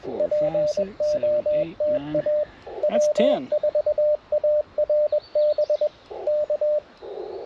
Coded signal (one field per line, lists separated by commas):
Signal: Morse code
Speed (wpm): 21 wpm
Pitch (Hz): 600 Hz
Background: speech, radio noise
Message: POTA W4ARB K